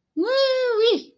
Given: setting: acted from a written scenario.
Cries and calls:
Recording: vocal sound without words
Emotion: triumph

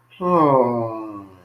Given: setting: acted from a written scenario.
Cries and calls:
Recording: vocal sound without words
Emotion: sympathy

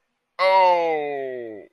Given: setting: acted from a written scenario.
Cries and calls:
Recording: vocal sound without words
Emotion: disgust

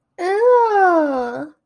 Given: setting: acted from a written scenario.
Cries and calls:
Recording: vocal sound without words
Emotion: disgust

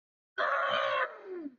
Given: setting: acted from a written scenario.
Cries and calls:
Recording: vocal sound without words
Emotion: anger

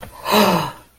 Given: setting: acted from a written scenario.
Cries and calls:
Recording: vocal sound without words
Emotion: negative surprise

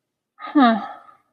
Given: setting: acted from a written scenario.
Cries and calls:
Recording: vocal sound without words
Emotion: neutral

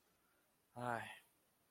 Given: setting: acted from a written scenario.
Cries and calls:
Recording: vocal sound without words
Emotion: realization

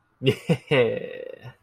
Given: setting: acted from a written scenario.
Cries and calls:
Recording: vocal sound without words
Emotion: triumph

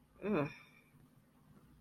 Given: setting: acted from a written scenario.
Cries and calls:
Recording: vocal sound without words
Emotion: embarrassment

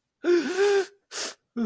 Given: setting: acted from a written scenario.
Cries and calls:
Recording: vocal sound without words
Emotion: fear

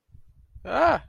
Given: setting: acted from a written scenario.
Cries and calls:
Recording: vocal sound without words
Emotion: negative surprise

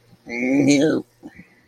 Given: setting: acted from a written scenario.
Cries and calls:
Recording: vocal sound without words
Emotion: distress

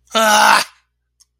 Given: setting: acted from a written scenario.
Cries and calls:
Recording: vocal sound without words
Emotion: anger

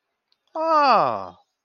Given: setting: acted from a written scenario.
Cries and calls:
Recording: vocal sound without words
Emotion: amusement

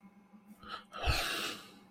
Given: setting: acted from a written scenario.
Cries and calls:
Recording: vocal sound without words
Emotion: embarrassment

